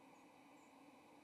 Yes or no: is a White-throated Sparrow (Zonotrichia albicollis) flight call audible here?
yes